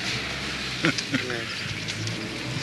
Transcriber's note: chuckles